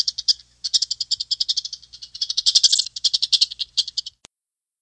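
Chipmunk chatter: rapid, high-pitched chipping notes in dense bursts with a brief pause near the start, running about four seconds before ending with one sharp click.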